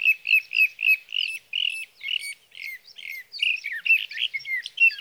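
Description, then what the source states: Sage thrasher song: rapid, unbroken stream of short warbled and chattering notes, each phrase differing slightly from the last. Male singing through the night near his night roost, three nights from the evening of June 12 to the morning of June 15, 2018, Sierra Valley, California; Swift recorder.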